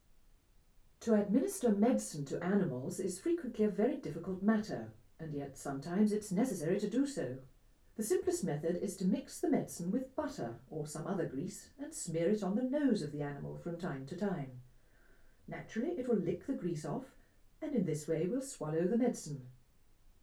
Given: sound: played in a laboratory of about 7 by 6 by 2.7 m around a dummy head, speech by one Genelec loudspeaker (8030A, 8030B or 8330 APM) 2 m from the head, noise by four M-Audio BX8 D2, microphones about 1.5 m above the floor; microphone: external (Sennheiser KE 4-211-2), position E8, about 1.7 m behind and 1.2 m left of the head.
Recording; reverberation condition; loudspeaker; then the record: female speech in English; low; 150 degrees to the right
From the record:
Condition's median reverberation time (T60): about 310 ms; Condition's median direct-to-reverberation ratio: about 3.5 dB